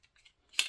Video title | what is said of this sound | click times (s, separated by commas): (Part 1)Umarex Notos (complete dissemble & assemble)🚨Read Description🚨 | And that pops right in. | 0.6 s